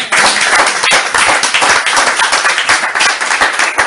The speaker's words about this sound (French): Applaudissons pour le Seigneur, pour cette parole.